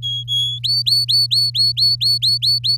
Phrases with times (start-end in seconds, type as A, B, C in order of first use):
0.02-0.59 A, 0.63-2.77 B